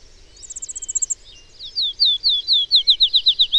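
Bird song: a very high rapid trill first, then a run of loud, repeated downslurred notes.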